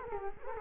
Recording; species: mosquito wingbeat signal from an infrared sensor; Culex quinquefasciatus